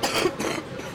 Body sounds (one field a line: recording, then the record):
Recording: coughing mixed with background sound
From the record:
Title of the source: 61 morning phlegmy cough...again